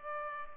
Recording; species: mosquito wingbeat signal from an infrared sensor; Culex pipiens